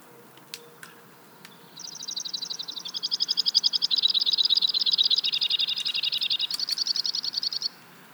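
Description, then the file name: White-winged crossbill giving a long, fast, buzzy trill of rapidly repeated high notes that shifts up and down in pitch for about six seconds, after a few faint ticks. "White-winged Crossbill - Loxia leucoptera"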